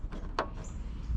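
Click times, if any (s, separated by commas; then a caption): 0.4 s. A bulb socket on an Autozam AZ-1 is put back into the plastic tail light housing and twisted to lock. A few faint knocks come first, then a sharp click at 0.4 s as the socket seats and locks. A brief tick follows near the end.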